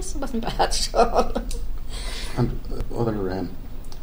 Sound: laughs